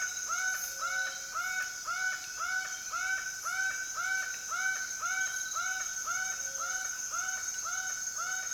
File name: Laughing falcon